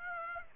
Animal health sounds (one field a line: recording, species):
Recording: mosquito wingbeat signal from an infrared sensor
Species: Aedes aegypti